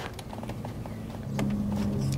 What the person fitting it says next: little click